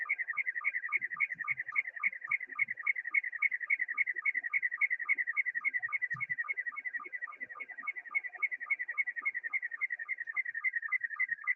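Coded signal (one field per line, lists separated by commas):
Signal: SSTV (slow-scan television)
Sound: warbling tone around 2 kHz with steady rhythmic lower ticks, like a chirping sync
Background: radio static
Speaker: this is a frequency where you get slow scan television I'm actually going to fire up my uh mm sstv software here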